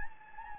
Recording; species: mosquito wingbeat signal from an infrared sensor; Anopheles gambiae